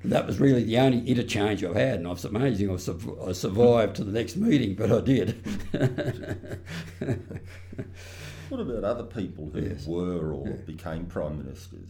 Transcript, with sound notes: That was really the only interchange I’ve had, and it’s amazing I survived til the next meeting but I did.
[laughter] What about other people who were or became Prime Ministers?